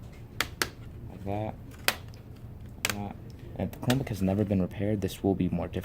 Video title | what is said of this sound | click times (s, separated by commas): How to repair a dim screen | again you hear these clicks | 0.4 s, 0.6 s